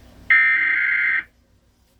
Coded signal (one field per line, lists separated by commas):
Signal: Emergency Alert System (SAME) tones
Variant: header bursts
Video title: eas#25 tornado warning